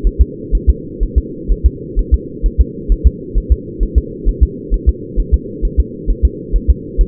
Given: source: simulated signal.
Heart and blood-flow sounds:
fetal heart sounds
0.07 s: S1
0.21 s: S2
0.55 s: S1
0.70 s: S2
1.03 s: S1
1.18 s: S2
1.52 s: S1
1.66 s: S2
1.99 s: S1
2.14 s: S2
2.46 s: S1
2.61 s: S2
2.92 s: S1
3.07 s: S2
3.38 s: S1
3.52 s: S2
3.83 s: S1
3.98 s: S2
4.29 s: S1
4.43 s: S2
4.74 s: S1
4.89 s: S2
5.20 s: S1
5.34 s: S2
5.65 s: S1
5.80 s: S2
6.10 s: S1
6.25 s: S2
6.56 s: S1
6.70 s: S2
7.01 s: S1
From the record:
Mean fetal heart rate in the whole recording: 130 bpm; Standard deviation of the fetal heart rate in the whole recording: 2 bpm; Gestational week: 36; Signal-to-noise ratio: -4.1 dB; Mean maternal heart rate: no maternal heart sound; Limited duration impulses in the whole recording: absent

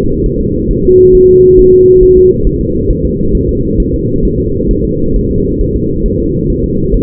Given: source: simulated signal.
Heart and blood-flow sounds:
fetal heart sounds
0.26 s: S1
0.41 s: S2
0.71 s: S1
0.85 s: S2
1.15 s: S1
1.29 s: S2
1.59 s: S1
1.74 s: S2
2.03 s: S1
2.17 s: S2
2.47 s: S1
2.61 s: S2
2.91 s: S1
3.05 s: S2
3.35 s: S1
3.49 s: S2
3.80 s: S1
3.94 s: S2
4.25 s: S1
4.40 s: S2
4.71 s: S1
4.85 s: S2
5.16 s: S1
5.31 s: S2
5.61 s: S1
5.76 s: S2
6.06 s: S1
6.20 s: S2
6.50 s: S1
6.64 s: S2
6.94 s: S1
From the record:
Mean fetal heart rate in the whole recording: 135 bpm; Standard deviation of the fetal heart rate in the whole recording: 3 bpm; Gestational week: 36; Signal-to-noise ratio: -15.3 dB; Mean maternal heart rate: 72 bpm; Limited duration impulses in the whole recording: present

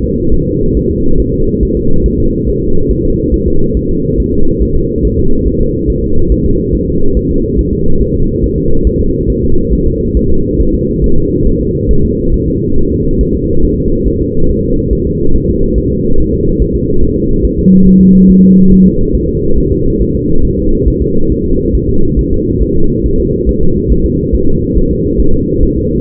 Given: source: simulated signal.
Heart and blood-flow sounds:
fetal heart sounds
0.04 s: S2
0.33 s: S1
0.47 s: S2
0.77 s: S1
0.91 s: S2
1.20 s: S1
1.34 s: S2
1.63 s: S1
1.77 s: S2
2.06 s: S1
2.20 s: S2
2.49 s: S1
2.63 s: S2
2.91 s: S1
3.05 s: S2
3.34 s: S1
3.48 s: S2
3.77 s: S1
3.91 s: S2
4.20 s: S1
4.34 s: S2
4.62 s: S1
4.76 s: S2
5.05 s: S1
5.19 s: S2
5.47 s: S1
5.61 s: S2
5.90 s: S1
6.04 s: S2
6.32 s: S1
6.46 s: S2
6.75 s: S1
6.89 s: S2
7.17 s: S1
7.31 s: S2
7.59 s: S1
7.73 s: S2
8.02 s: S1
8.16 s: S2
8.44 s: S1
8.58 s: S2
8.87 s: S1
9.01 s: S2
9.30 s: S1
9.44 s: S2
9.73 s: S1
9.87 s: S2
10.17 s: S1
10.31 s: S2
10.61 s: S1
10.75 s: S2
11.04 s: S1
11.18 s: S2
11.47 s: S1
11.61 s: S2
11.91 s: S1
12.05 s: S2
12.34 s: S1
12.48 s: S2
12.78 s: S1
12.92 s: S2
13.21 s: S1
13.35 s: S2
13.64 s: S1
13.78 s: S2
14.08 s: S1
14.22 s: S2
14.50 s: S1
14.64 s: S2
14.93 s: S1
15.07 s: S2
15.36 s: S1
15.50 s: S2
15.78 s: S1
15.92 s: S2
16.20 s: S1
16.34 s: S2
16.62 s: S1
16.76 s: S2
17.03 s: S1
17.17 s: S2
17.45 s: S1
17.59 s: S2
17.87 s: S1
18.01 s: S2
18.30 s: S1
18.44 s: S2
18.72 s: S1
18.86 s: S2
19.15 s: S1
19.29 s: S2
19.58 s: S1
19.72 s: S2
20.02 s: S1
20.16 s: S2
20.45 s: S1
20.59 s: S2
20.88 s: S1
21.02 s: S2
21.32 s: S1
21.46 s: S2
21.75 s: S1
21.89 s: S2
22.19 s: S1
22.33 s: S2
22.62 s: S1
22.76 s: S2
23.06 s: S1
23.20 s: S2
23.49 s: S1
23.63 s: S2
23.92 s: S1
24.06 s: S2
24.34 s: S1
24.48 s: S2
24.77 s: S1
24.91 s: S2
25.20 s: S1
25.34 s: S2
25.63 s: S1
25.77 s: S2
From the record:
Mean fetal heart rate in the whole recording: 140 bpm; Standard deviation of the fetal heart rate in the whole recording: 2 bpm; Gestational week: 34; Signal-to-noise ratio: -19.1 dB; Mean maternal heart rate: 72 bpm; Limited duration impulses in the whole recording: present

